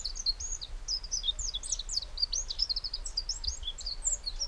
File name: Troglodytes troglodytes